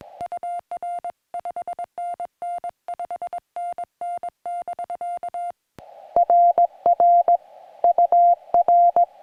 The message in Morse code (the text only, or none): UR 5NN 5NN <BK> RR UR